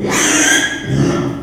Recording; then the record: squeal of a Yucatan mini pig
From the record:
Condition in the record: after surgery on the right vocal fold (resection and tissue-engineered implant); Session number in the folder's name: 3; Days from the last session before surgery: 33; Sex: male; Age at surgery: 12 weeks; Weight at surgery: 13 kg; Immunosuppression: cyclosporine, prednisolone